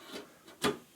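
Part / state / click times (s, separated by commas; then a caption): drive bay tray into NAS enclosure / seated / 0.6 s. A drive bay tray is pushed back into a ZimaCube Pro NAS chassis, a prototype unit. Soft sliding rubs around 0.2 s and 0.5 s lead into a sharp click at 0.6 s as the tray seats home.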